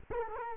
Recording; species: mosquito wingbeat signal from an infrared sensor; Culex quinquefasciatus